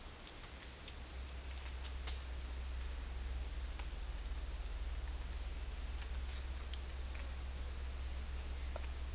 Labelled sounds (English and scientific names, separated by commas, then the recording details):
none
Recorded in dense forest near Puerto Asís, Putumayo, Colombia, on 26 December 2024 at 13:00
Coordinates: 0.485, -76.318
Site GP03